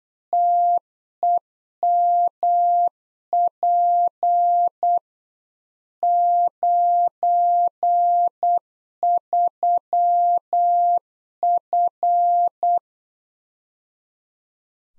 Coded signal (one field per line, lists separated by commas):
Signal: Morse code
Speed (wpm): 8 wpm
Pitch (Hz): 700 Hz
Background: none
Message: TEMP 93F